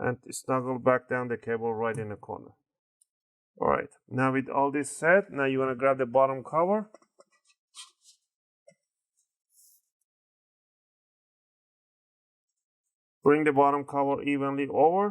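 The plastic bottom cover of an Eluktro Pro Notebook P957hr laptop is picked up and brought evenly over the palm rest chassis, lined up before being squeezed down to snap its clips in. Someone talks, with a quiet stretch containing faint brief handling ticks around 7.2 s and 8.7 s. Nothing has seated or clicked yet.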